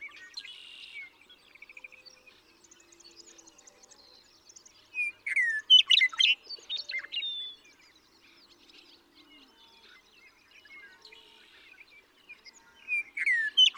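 Western meadowlark songs: a ringing whistled phrase with gurgling end around the middle and another near the close, over light background chirping.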